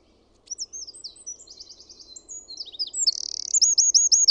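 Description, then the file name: Eurasian wren singing a fast, high stream of sharp notes and trills that grows louder toward the end, finishing with a rapid series of repeated chips. "PEUKALOINEN"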